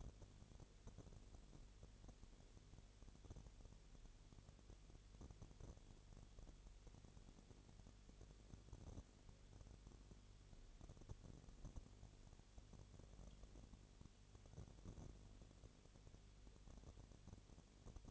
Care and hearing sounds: daily activity, microphone in the room; no activity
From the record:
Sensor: 4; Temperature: 22.6 degrees Celsius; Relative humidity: 32.0%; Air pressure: 1008.1 hPa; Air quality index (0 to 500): 114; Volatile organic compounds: 2 ppm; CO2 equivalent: 1103 ppm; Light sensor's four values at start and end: 2/3/1/1 and 2/3/1/1

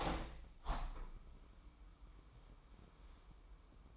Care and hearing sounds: daily activity, microphone in the room; open window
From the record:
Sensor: 1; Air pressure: 998.6 hPa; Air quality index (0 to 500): 142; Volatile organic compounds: 5 ppm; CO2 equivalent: 1713 ppm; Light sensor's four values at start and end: 17/41/17/21 and 17/43/18/22

